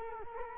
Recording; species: mosquito wingbeat signal from an infrared sensor; Culex quinquefasciatus